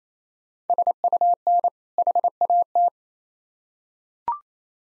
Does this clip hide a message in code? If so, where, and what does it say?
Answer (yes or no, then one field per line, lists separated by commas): yes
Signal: Morse code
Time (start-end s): 0.7-2.9 s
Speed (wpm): 27 wpm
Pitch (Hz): 700 Hz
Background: none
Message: SUN HAT